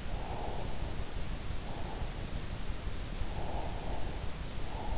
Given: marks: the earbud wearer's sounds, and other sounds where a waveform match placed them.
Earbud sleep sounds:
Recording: sounds in sleep by an in-ear microphone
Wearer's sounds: breath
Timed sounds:
0.19-0.85 s: breath
3.18-4.98 s: breath

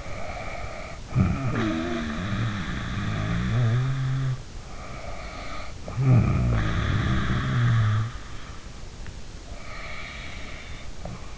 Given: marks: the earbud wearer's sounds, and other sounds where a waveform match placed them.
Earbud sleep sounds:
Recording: sounds in sleep by an in-ear microphone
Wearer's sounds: snoring breath, breath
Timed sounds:
0.00-4.48 s: snoring breath
4.70-8.28 s: snoring breath
9.58-11.37 s: breath

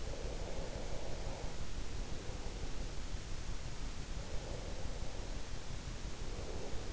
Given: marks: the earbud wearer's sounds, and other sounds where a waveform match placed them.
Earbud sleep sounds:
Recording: sounds in sleep by an in-ear microphone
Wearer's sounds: breath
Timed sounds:
0.02-2.86 s: breath
4.22-6.93 s: breath

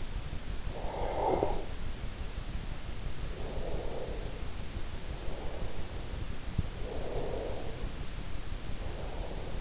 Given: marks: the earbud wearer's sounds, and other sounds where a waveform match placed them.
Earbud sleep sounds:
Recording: sounds in sleep by an in-ear microphone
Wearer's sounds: breath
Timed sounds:
0.24-2.64 s: breath
3.29-6.66 s: breath
6.70-9.61 s: breath

